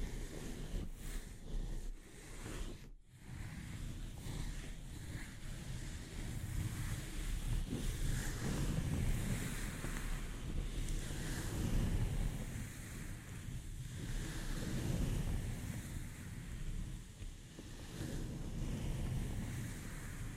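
Delicate scratching on a microphone fills the clip with a dense, rough rustle and a heavy low rumble, like wind buffeting the mic. The texture swells and eases in slow waves, with a brief near-silent break around the three-second mark.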